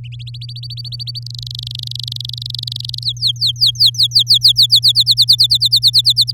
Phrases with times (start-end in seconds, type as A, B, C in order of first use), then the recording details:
0.04-1.19 A, 1.22-3.04 B, 3.04-4.79 C, 4.82-6.32 D. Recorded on 9 May 2018 at 09:13. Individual llb16